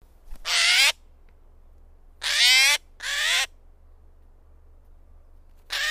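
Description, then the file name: Eurasian jay harsh screeches, three loud rasping calls with a pause between the first and the pair, then the start of a fourth at the end, plus a low steady hum underneath. "Garrulus glandarius"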